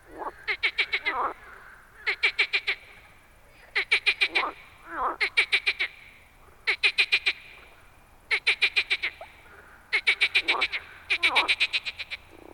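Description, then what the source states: Frogs croaking: bursts of four to six rapid rattling pulses, repeated about every one and a half seconds, with lower grunting notes between them. Frogs in a river.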